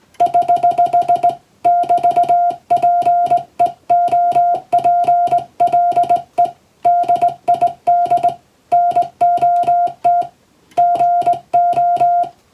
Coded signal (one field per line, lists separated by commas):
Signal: Morse code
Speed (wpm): 20 wpm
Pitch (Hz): 700 Hz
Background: music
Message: <HH> <BT>PEOPLE DID NOT GO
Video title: 昔はよくラジオから聞こえた懐かしいモールス符号！通信技術の基礎！モールスはトンとツーで成立します。英語のモールスです。YouTubeの再生速度を設定して聞こう！ morse code practice